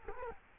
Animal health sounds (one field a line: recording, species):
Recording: mosquito wingbeat signal from an infrared sensor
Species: Culex quinquefasciatus